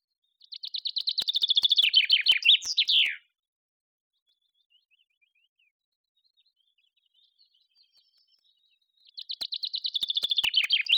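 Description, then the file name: Common chaffinch singing twice, with about six seconds of silence between. Each phrase is a rattling, descending series of sharp notes closed by a brief twirled ending. "Fringilla coelebs"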